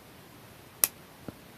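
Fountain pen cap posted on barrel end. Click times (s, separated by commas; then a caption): 0.8 s. The cap of a PenBBS no.130 fountain pen is pushed onto the back end of the barrel and posts with a sharp, bright click at 0.8 s, followed by a softer, duller knock at 1.3 s. The cap seats firmly in place, unlike on the older version of the pen.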